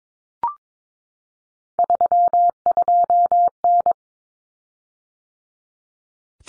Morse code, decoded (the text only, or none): 32N